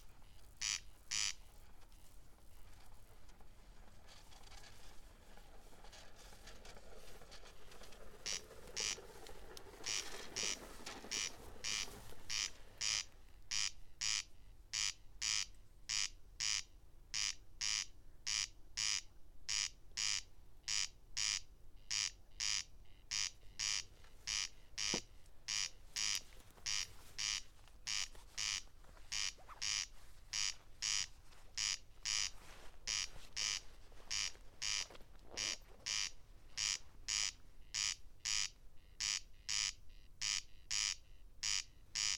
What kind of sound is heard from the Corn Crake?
song